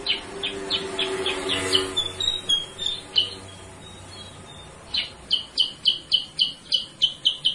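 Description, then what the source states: Sooty-headed bulbul song: sharp, high chirps repeated about four per second, a short pause, then another quick run of the same bright notes. Masteran, a training recording for cage birds; used as a lure sound (suara pancingan).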